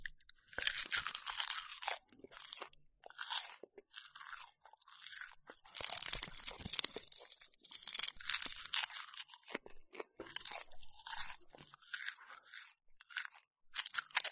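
Someone eats seaweed, with dense, crisp crunching in irregular bursts throughout, broken by brief pauses around 2, 4, and 10 seconds. The bites sound bright and papery, with little low sound and no other noises behind them.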